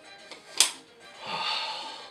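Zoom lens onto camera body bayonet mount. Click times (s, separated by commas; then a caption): 0.6 s. A Nikon AF-S Nikkor 24-70mm f/2.8G ED zoom lens, lined up with the white mount dot, is pushed onto a camera body's metal bayonet mount and twisted until it locks. A faint tick at 0.3 s is followed by a sharp, bright click at 0.6 s as the lens seats, and a broad, steady sound swells from about 1.2 s onward.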